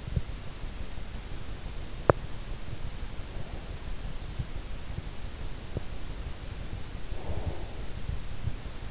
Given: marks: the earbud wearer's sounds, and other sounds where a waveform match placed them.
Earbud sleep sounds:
sounds in sleep by an in-ear microphone; teeth grinding, breath
1.85-2.22 s: teeth grinding
4.01-5.81 s: teeth grinding
7.03-8.10 s: breath

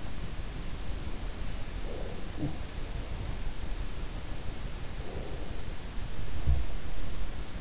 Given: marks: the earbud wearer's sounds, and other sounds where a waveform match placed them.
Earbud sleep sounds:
sounds in sleep by an in-ear microphone; breath
1.39-2.39 s: breath
2.15-2.72 s: sound from someone else or the room
4.72-5.87 s: breath

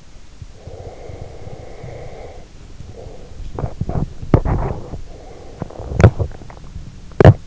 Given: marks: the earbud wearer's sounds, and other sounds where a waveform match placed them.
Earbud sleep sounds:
sounds in sleep by an in-ear microphone; breath, teeth grinding
0.53-3.38 s: breath
3.38-7.47 s: teeth grinding

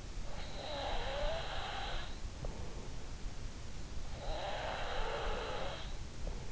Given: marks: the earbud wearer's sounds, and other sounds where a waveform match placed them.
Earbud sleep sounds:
sounds in sleep by an in-ear microphone; breath
0.06-2.63 s: breath
3.55-6.52 s: breath

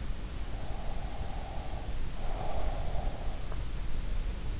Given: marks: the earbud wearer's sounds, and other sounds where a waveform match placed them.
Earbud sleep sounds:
sounds in sleep by an in-ear microphone; breath
0.83-3.03 s: breath

